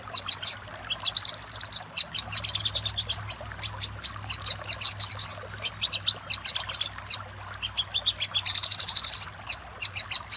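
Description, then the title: Little spiderhunter song: rapid bursts of sharp, high chipping notes, some run into fast trills, repeated with brief pauses; low steady hum underneath. Master recording used for training cage birds. "Masteran Burung Sogok Ontong Labaik"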